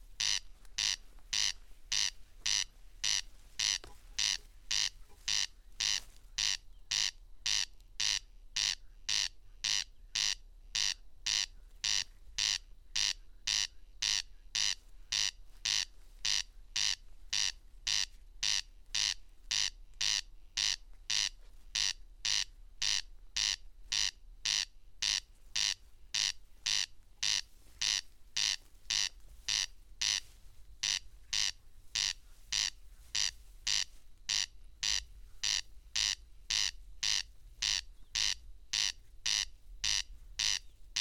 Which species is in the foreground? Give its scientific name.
Crex crex